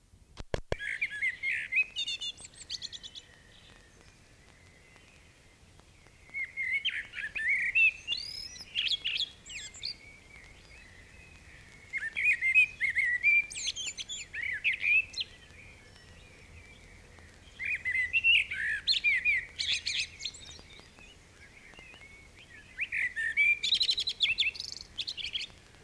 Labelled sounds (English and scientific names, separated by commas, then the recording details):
Common Blackbird (Turdus merula) song
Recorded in the wild
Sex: male
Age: adult
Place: Bielefeld-Mitte, Nordrhein-Westfalen, DE
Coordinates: 52.0083, 8.54611
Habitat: residential district
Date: 1968-04-27
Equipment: Uher 4000 Report-S, Bändchenmikro Beyer M 260, Parabolspiegel Polyester (470 mm)
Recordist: Conrads, Klaus